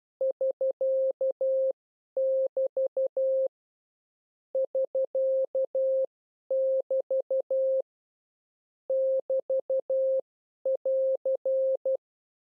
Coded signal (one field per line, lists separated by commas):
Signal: Morse code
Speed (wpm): 12 wpm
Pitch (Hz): 530 Hz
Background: none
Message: <SK><BT> <SK><BT> <BT><AR>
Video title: How to Learn CW / Video #5 Group 2 / Pro Signs AR SK BT